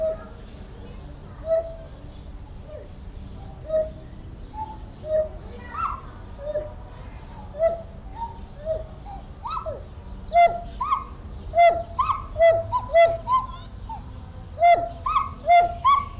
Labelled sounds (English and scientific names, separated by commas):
Pileated Gibbon (Hylobates pileatus) call